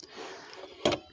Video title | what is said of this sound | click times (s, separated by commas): First impressions of the Chicago Electric Sliding double bevel compound miter saw | with my finger hold the guard up with my thumb and there we go i lock into place | 0.9 s